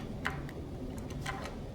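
The plastic case halves of a 2002-2006 V-Rod key fob, pressed together again after an earlier attempt crunched and did not seal properly, snap shut with a sharp click at 0.3 s. A softer tick follows at 0.5 s over a low steady background. The case is seated and closed.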